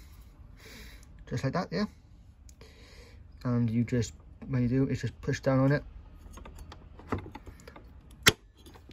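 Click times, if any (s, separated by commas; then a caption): 7.1 s. A cutting disc is pushed down onto the tool-free quick-change flange of a Bosch GWX 18V-15 SC angle grinder while someone talks. The mount latches with a click at 7.1 s, and the disc is seated and will not move.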